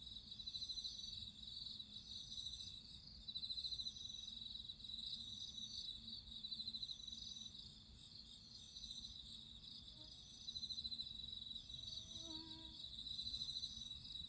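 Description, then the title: Crickets trilling in a dense high chorus, with louder pulsed bursts and a brief lower sound near the end. Crickets singing at midnight. "Listen to nature crickets singing at midnight"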